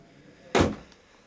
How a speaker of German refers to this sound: Mach die Tür zu